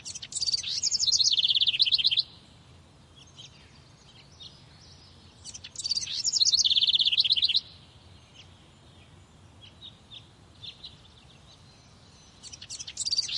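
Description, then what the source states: Bird giving high, rapid trills of about two seconds each, two complete ones separated by quieter gaps with faint chirps, and a third starting at the end, over low steady background noise. Morning, in a park.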